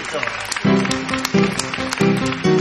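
An audience claps steadily in a dense, crackling burst that lasts throughout, welcoming a member of the trio accompanying the maestro on a 2014 show, while low sustained tones join partway in and pulse on and off beneath the clapping.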